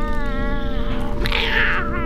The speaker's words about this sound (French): Sale chat, sale chat, sale chat.